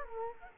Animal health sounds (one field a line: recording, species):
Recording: mosquito wingbeat signal from an infrared sensor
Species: Culex quinquefasciatus